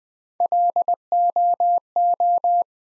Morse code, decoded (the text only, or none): LOO